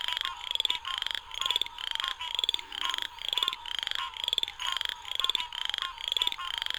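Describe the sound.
Southern chorus frog trilling in a steady rhythmic series, each rattling call about half a second long.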